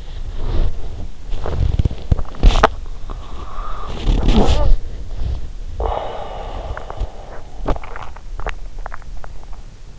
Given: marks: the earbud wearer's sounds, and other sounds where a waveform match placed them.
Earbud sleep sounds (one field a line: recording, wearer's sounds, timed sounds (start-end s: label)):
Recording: sounds in sleep by an in-ear microphone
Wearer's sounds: body movement, talking in sleep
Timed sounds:
0.00-9.43 s: body movement
3.13-4.78 s: talking in sleep